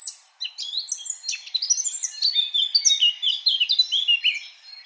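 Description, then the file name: Eurasian blackcap song, a continuous hurried warble of sweeping, fluty and scratchy notes that tumble up and down throughout. "Sylvia atricapilla"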